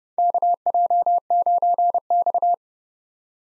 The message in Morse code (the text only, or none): KJ9X